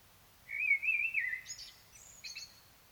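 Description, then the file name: Common blackbird song: a low mellow warbled phrase, then a thin, squeaky high twitter trailing off, over quiet background hiss. "Turdus merula"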